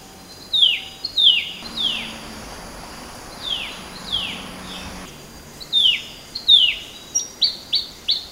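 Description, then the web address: Temminck's babbler calls: sharp descending slurred notes repeated in quick runs, with a faint steady high hiss in the background. Recorded on 13 August 2009. "RAFFCNTRE. 20090813. sound temminck-at-s babbler"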